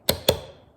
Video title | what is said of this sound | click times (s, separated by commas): Snap Circuits | That was 2 snaps, that's very good. | 0.1 s, 0.3 s